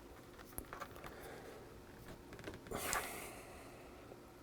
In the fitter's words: there we go now it's snapped into place